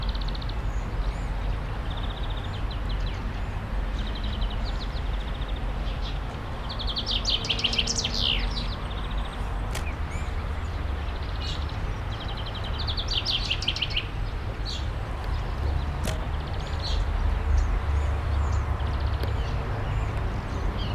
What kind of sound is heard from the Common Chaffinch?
song